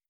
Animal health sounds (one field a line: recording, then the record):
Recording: hydrophone in a shrimp aquaculture tank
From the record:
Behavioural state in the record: stressed